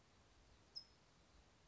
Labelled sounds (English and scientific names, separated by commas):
California Towhee (Melozone crissalis)